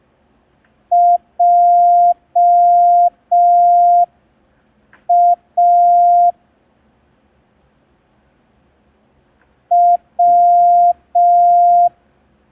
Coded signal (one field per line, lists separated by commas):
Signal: Morse code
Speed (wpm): 5 wpm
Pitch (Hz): 700 Hz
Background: none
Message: JA W